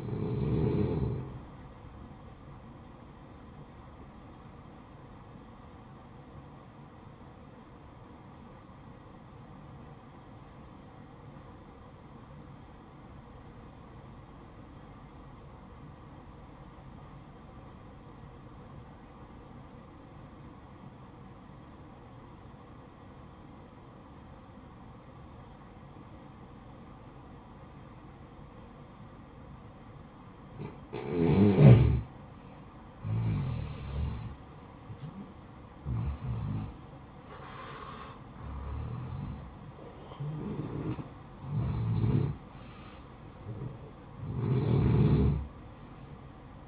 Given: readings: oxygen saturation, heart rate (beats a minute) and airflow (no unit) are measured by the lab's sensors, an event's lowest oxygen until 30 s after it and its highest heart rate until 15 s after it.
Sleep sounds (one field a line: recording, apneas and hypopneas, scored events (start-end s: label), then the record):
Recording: breathing in sleep by a smartphone at the bedside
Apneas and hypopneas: 1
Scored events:
7.00-32.30 s: obstructive apnea (N1, oxygen 96% highest, then 87% lowest, heart rate 58 at the start, 71 highest)
15.00-45.00 s: new sleep stage, N2 (light sleep)
45.00-46.68 s: new sleep stage, N1 (lightest sleep)
From the record:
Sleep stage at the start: N1 (lightest sleep)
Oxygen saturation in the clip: 88 to 96%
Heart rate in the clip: 56 to 71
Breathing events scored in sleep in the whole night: 573 in 9.8 hours asleep